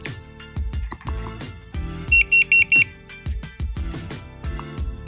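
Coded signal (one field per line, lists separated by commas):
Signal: beep code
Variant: Boosted Board remote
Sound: four short, evenly spaced high beeps over background music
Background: music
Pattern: 4 short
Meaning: Four beeps signal the board is now in mode 4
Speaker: can actually go backwards let's go to mold four so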